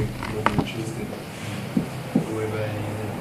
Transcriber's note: devotees conversing in background